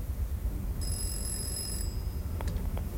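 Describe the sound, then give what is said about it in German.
A telephone rings once in a railway crossing keeper's house, a steady high-pitched tone lasting about a second over a constant low rumble, followed by a few faint clicks. A man picks up the receiver. “Er ist beschäftigt, es klingelt gerade, er nimmt den Hörer ab.”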